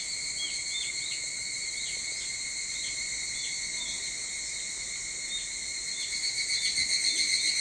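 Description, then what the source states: Evening cicada song, steady high ringing chorus overlaid with repeated short hooked notes, growing louder and more pulsed toward the end. Recorded 22 July 2023 at 04:40.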